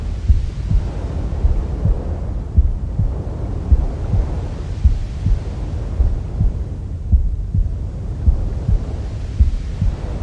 Womb Sounds with Mother's Heartbeat.